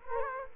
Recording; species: mosquito wingbeat signal from an infrared sensor; Culex quinquefasciatus